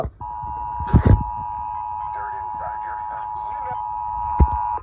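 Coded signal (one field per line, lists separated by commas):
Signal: Emergency Alert System (SAME) tones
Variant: 853 and 960 Hz attention tone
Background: speech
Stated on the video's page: Real EAS alerts recorded during a weekend of severe weather.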